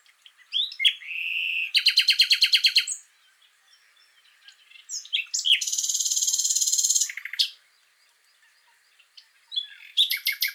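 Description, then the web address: Common nightingale song: a whistled note leads into a rapid repeated trill, a pause, then a high buzzy trill and further quick repeated notes. "SETE data Luscinia megarhynchos"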